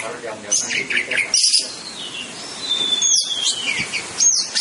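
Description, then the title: Orange-headed thrush singing scattered high chirps and a long thin descending whistle, with brief pauses between phrases over a faint background hiss. "Anis Merah"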